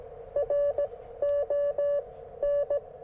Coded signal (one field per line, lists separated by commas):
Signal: Morse code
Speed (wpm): 21 wpm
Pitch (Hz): 590 Hz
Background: radio noise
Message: R ON